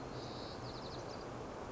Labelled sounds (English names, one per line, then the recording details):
White-crowned Sparrow
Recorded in Sonoma County, California